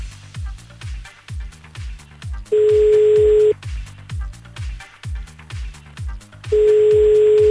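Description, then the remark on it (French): A telephone call rings out twice with long, steady electronic tones about four seconds apart, over a repeating rhythmic thumping pattern, and nobody picks up because the man being called has gone away from his phone. “Ah, là, il est parti loin de son téléphone par contre.”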